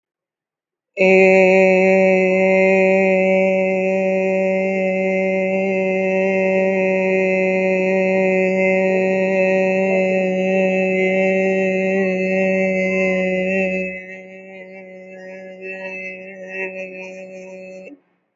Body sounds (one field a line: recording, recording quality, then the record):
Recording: sustained vowel as in made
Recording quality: excellent, no background noise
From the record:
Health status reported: healthy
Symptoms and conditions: none ticked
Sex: female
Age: 32 years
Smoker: not ticked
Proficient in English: yes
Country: India